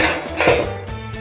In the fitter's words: And now it's locked into that.